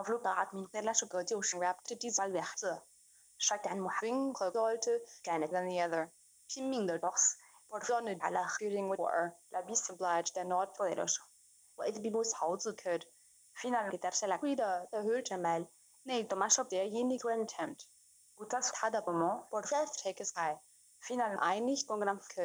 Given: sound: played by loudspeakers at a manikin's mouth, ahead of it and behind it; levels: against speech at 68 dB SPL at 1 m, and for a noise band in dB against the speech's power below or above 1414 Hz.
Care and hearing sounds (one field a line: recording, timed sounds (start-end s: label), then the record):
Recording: test signals for a remote microphone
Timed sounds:
0.00-22.45 s: speech test signal (ISTS)
From the record:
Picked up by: remote microphone B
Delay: 24 ms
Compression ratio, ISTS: 1.85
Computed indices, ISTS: SII 0.995, HASPI 0.987, HASQI 0.342 (non-linear 0.414, linear 0.827), ESTOI 0.825